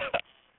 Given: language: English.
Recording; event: throat vibration sensor signal played as sound; cough